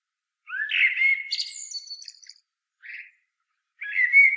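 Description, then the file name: Common blackbird giving a rising, flute-like warble that ends in a thin, high twitter, then a brief soft note and the start of another whistled phrase. "Turdus merula"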